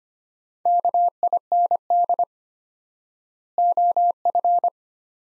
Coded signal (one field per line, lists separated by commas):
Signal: Morse code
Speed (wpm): 25 wpm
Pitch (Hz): 700 Hz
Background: none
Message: KIND OF